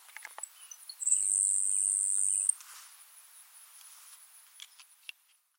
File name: Grasshopper Sparrow - Ammodramus savannarum